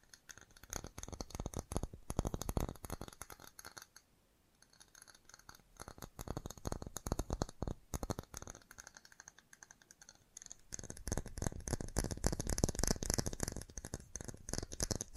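Fast tapping in rapid, dense bursts of sharp clicks, with a crisp, slightly glassy rattle. The taps run thick for the first four seconds, nearly stop around four to five seconds, return more sparsely, then pick up hard and continuous from about eleven seconds to the end.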